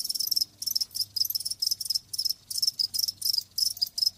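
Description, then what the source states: Crickets chirp in crisp, evenly spaced pulsed bursts, high-pitched and rhythmic, with short silent gaps between them. Live crickets chirping.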